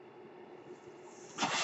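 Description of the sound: A soft, steady hiss with a faint low hum runs throughout, then a sudden louder rush of air comes in near the end. This is the background sound of a home mechanical ventilator, cycling to deliver a breath.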